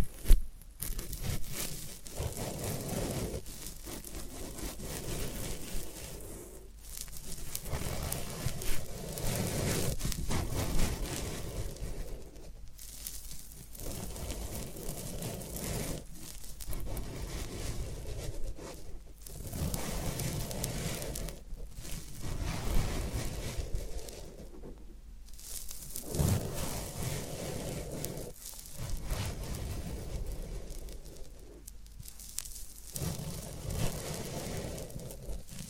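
Floral foam being pressed and crushed, giving a dense, gritty crunching and crackling. The sound comes in bursts of a few seconds, broken by brief pauses roughly every three seconds, with a soft low rumble under each burst and a steady, even loudness throughout.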